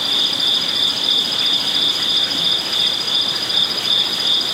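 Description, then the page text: Cricket chorus, a continuous high shrill pulsing trill at an even fast rate, with a fainter second tone above it. Crickets at night in a zen garden with a koi pond, Kyoto, Japan; outdoor ambience. "Zen Garden Night Crickets Japan. amb crickets koipond Kyoto zen garden night Japan: Zen garden, Kyoto, Japan. Koi pond, crickets ambience, night time, Japanese. Oriental outdoor ambience"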